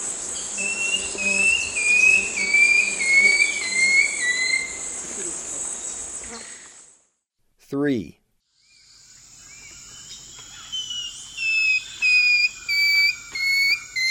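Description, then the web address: Long-tailed woodcreeper song: a run of clear whistled notes stepping downward, repeated as a second series after a brief pause, over a steady high insect drone. South America, eastern lowlands. "Natures Songs S America Eastern Lowlands. Long-tailed Woodcreeper"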